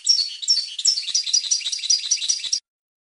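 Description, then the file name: European goldfinch song, rapid high twittering with repeated sharp chirps, steady and bright throughout. "audio burung goldfinch"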